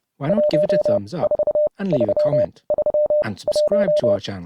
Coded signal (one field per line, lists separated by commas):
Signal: Morse code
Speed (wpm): 30 wpm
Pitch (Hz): 600 Hz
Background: speech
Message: 14331